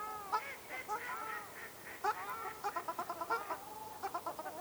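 Ruddy shelduck giving nasal honks, then rapid stuttering series of short clipped notes.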